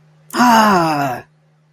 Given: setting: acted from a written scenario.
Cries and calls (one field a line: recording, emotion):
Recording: vocal sound without words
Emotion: pain